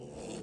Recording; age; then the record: pig call; piglet (1 to 25 days)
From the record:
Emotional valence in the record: negative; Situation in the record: castration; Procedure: castration, fixation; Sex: male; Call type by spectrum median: low-frequency call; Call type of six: low-frequency stable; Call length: 0.43 s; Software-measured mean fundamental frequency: 65 Hz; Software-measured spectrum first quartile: 342 Hz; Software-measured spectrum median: 702 Hz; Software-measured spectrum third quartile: 4067 Hz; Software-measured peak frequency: 465 Hz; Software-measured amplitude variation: 87 dB a second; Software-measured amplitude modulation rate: 29.9 a second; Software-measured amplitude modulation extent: 2.9 dB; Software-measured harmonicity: 4.2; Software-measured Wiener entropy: -3.40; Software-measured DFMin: 1336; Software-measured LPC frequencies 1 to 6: 495, 2707, 3460, 4411, 5403, 6812 Hz